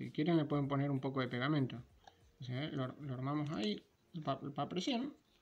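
Someone talks while handling a plastic diffuser dome being pressed onto the body of a repaired LED bulb, whose board has been put back in the bulb body. The dome is a press fit that can optionally be glued. Nothing has seated or clicked yet.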